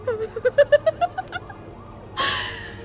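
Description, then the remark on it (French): A fire engine siren sounds in quick, loud pulsing bursts, its tone climbing steadily in pitch, then breaks off into a sudden, sustained hiss of broad noise. “Tu entends, Aurélien? Les pompiers pour éteindre la poésie.”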